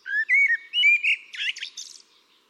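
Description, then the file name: Eurasian blackbird song phrase: several mellow fluted whistles, slightly rising, run together and then end in a scratchy, high-pitched twittering flourish. "Turdus merula"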